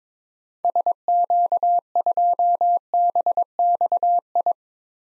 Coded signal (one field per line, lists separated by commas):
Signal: Morse code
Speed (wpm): 21 wpm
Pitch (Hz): 700 Hz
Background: none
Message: SQ2BXI